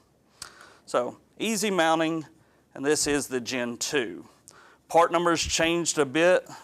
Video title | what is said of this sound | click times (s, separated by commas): E7900 - Gen 1 vs Gen 2 Zigbee | The box, the gateway just sets on and snaps in place. | 0.4 s